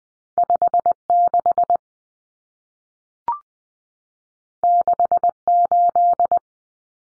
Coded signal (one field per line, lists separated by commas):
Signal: Morse code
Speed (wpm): 20 wpm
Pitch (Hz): 700 Hz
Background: none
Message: 56 68